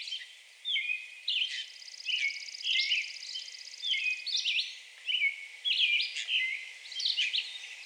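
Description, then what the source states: Red-eyed Vireo delivering a run of slurred whistled phrases in quick succession, with a fast, high pulsed trill in the background early on and a faint hiss underneath. Recorded 2 June 2020.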